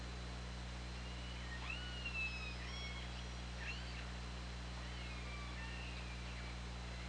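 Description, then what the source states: Killer whale calls, several rising and falling whistle-like tones with harmonics, overlapping in a burst after the first second, over a steady low mechanical hum and underwater hiss. Picked up underwater by an OrcaLab hydrophone on 24 August 2017, at about 20:37.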